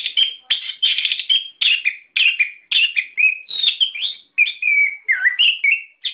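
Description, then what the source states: Songbird song of rapid scratchy bursts, then smoother slurred whistles that dip and rise. Masteran, song-training audio used for cage birds.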